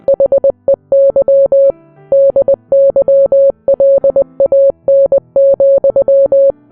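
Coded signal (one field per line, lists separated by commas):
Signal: Morse code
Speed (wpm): 20 wpm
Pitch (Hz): 550 Hz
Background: music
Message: HEY DYLAN,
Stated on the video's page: Morse code hidden in a fictional Minecraft ARG story.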